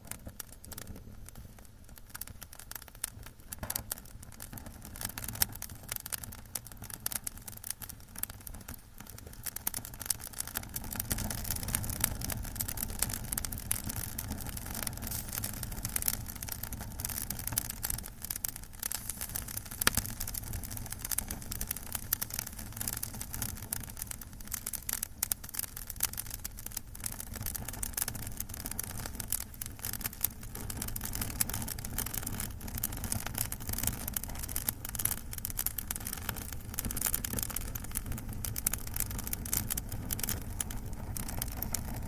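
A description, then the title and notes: A fire burns with dense, constant crackling, sharp snaps scattered throughout. A low roar underneath swells noticeably around ten seconds in and stays heavy for the rest, like a steady rumbling wind through the flames. Fire Soundscapes from Around the World.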